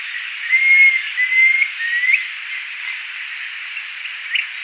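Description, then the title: Planalto tyrannulet song: three clear, high whistled notes in quick succession, the first two steady, the last ending in a short upward flick, over a steady hiss; a faint note follows later. "LuckyPassaro Completos2Sama. Planalto Tyrannulet (Phyllomyias fasciatus)"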